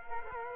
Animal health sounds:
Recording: mosquito wingbeat signal from an infrared sensor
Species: Culex quinquefasciatus

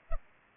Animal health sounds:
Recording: mosquito wingbeat signal from an infrared sensor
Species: Culex pipiens

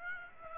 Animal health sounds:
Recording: mosquito wingbeat signal from an infrared sensor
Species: Aedes aegypti

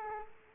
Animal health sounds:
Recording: mosquito wingbeat signal from an infrared sensor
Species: Culex quinquefasciatus

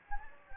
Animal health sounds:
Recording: mosquito wingbeat signal from an infrared sensor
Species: Anopheles gambiae

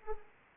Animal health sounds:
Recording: mosquito wingbeat signal from an infrared sensor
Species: Anopheles arabiensis

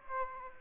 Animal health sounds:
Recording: mosquito wingbeat signal from an infrared sensor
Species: Aedes aegypti

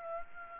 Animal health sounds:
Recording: mosquito wingbeat signal from an infrared sensor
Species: Aedes aegypti

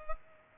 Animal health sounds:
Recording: mosquito wingbeat signal from an infrared sensor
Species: Culex pipiens

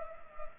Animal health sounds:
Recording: mosquito wingbeat signal from an infrared sensor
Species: Culex pipiens

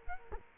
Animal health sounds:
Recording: mosquito wingbeat signal from an infrared sensor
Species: Culex quinquefasciatus

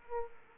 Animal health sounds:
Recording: mosquito wingbeat signal from an infrared sensor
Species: Aedes aegypti

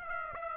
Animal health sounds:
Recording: mosquito wingbeat signal from an infrared sensor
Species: Aedes aegypti

